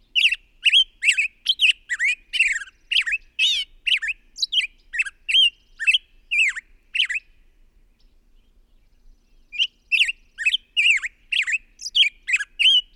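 Bird song of fast, squeaky chirping notes in a long run, a brief silence, then another run of similar chirps.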